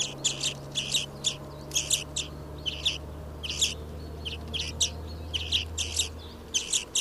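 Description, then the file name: European greenfinch calling, clipped twittering notes given singly and in pairs at irregular intervals, with a low droning hum underneath. "Chloris chloris"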